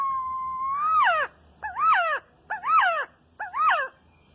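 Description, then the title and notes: Quetzal song: a long even whistled note leads into four harsh, inflected notes that rise and fall, spaced under a second apart. Described as the national bird. "CANTO DEL QUETZAL AVE NACIONAL. Canto de un Quetzal"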